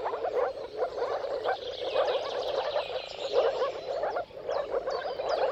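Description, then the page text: Moor frogs calling in a dense chorus, overlapping low bubbling, dog-like yelps pulsing steadily, with birdsong twittering above. Mating chorus of moor frogs at sunrise, at the turn of March and April depending on weather. "Dawn’s Chorus: Mating Calls of Marsh Frogs at Sunrise. Depending on the weather at the turn of March and April, you can witness an amazing spectacle of moor frogs. Jakub Orzecki"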